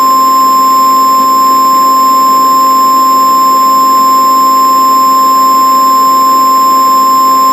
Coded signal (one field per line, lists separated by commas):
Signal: Emergency Alert System (SAME) tones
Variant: 1050 Hz attention tone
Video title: EAS MOCK/ANALOG HORROR:THE FOG